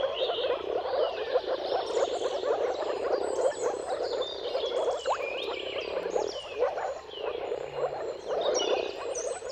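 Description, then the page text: Moor frogs give a steady bubbling chorus of low croaks, while birds sing thin, high whistled and twittering phrases over the top. Chorus of moor frogs giving mating calls at sunrise, seen at the turn of March and April depending on the weather. "Jakub-Orzecki moor frogs. Dawn’s Chorus: Mating Calls of Marsh Frogs at Sunrise. Depending on the weather at the turn of March and April, you can witness an amazing spectacle of moor frogs"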